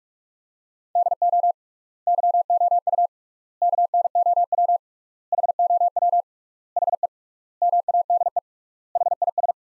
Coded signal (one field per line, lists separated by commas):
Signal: Morse code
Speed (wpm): 46 wpm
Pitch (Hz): 700 Hz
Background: none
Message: DO YOU KNOW HOW HE MADE HIS